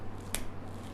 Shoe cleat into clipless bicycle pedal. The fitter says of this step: Lepas itu kuatkan sedikit tumit sehingga Anda dengar klik